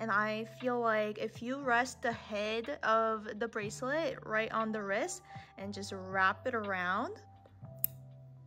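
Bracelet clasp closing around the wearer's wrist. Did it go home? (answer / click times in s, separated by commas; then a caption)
yes / 7.8 s. Someone talks over soft background music while resting the head of a rose gold Cartier Diamond Juste un Clou nail bracelet, size 15, on the wrist and wrapping it around. A sharp metallic click comes at 7.8 s as the internal clasp, which has a metal wire inside, closes and fastens the bracelet shut around the wrist.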